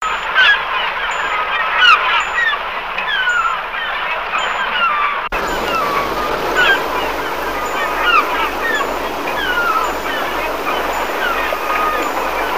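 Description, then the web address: Gull calls from many birds at once, overlapping yelping and mewing cries that bend up and down, with a steady background hiss throughout. "Moewen"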